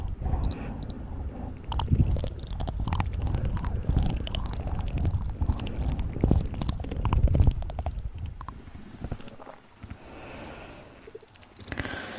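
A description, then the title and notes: Close mouth sounds: wet chewing and smacking with frequent sharp clicks and squishes, dense and irregular for the first eight seconds. A low rumbling runs underneath, then the sounds thin out and grow quieter, with a few scattered clicks and a brief louder burst near the end. ASMR Close Mouth Sounds.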